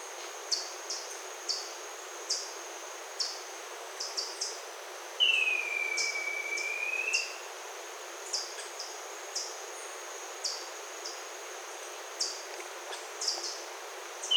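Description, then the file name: Bird giving a single long whistle midway through, while short high-pitched chirps recur every second or so over a thin steady background tone. "SABIOD 50 bird 2015"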